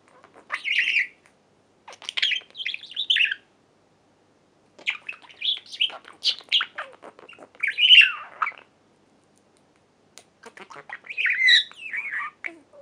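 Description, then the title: Budgerigar scratchy squawks and chirps in bursts separated by pauses. "Budgie Sounds"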